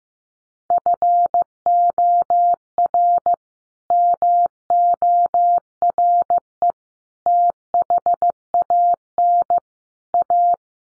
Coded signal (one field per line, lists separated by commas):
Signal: Morse code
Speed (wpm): 15 wpm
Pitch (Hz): 700 Hz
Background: none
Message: FOR MORE THAN A